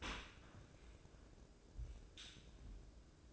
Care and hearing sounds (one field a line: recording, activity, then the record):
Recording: daily activity, microphone in the room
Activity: open dishwasher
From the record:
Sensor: 2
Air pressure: 1012.1 hPa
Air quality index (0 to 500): 146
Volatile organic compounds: 2 ppm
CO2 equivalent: 1074 ppm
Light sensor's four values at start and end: 418/1038/420/427 and 419/1041/422/428